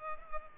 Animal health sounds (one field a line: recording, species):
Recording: mosquito wingbeat signal from an infrared sensor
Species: Culex pipiens